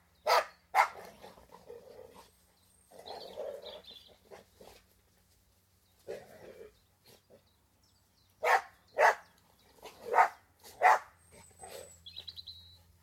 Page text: BBC. Border Collies & Labradors, exterior, playing & fighting, with some early morning birdsong